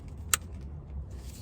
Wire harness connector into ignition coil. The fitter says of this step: hear that snap